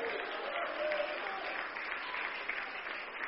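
A church audience claps hands for Jesus during a sermon, in steady, dense applause that fills the whole stretch, a continuous wash of many overlapping claps at an even loudness with no clear individual beats.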